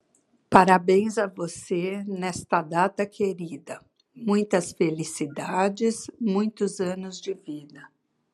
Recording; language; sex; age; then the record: short text; Brazilian Portuguese; female; 50 to 59 years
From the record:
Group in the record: control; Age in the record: 55 years